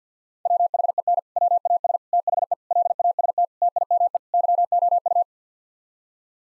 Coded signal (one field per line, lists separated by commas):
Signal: Morse code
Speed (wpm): 50 wpm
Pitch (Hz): 700 Hz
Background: none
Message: WHEN WAS THE LAST TIME YOU